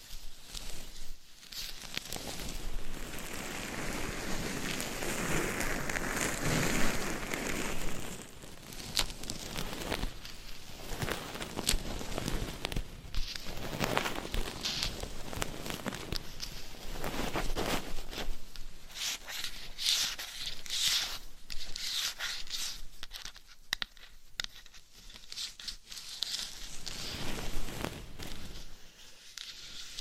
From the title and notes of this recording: Binaural Dummy Head Mic Scratching & Tapping with Different Mic Covers No Talking.